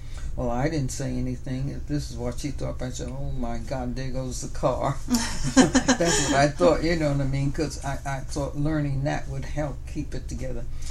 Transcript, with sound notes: Well I didn't say anything, if this is what she thought, but I thought, "Oh boy, there goes the car." (laughs) That's what I thought, you know what I mean, because I thought learning that would help keep it together.